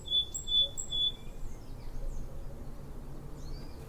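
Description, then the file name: European robin calls: three short, flat, pure whistled notes about half a second apart, then a few faint thin notes over a soft low rumble. "Erithacus rubecula"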